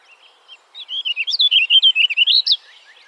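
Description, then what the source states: Warbling Vireo song: a rapid, rambling warble of slurred rising and falling notes lasting nearly two seconds. Nominate subspecies Vireo gilvus gilvus.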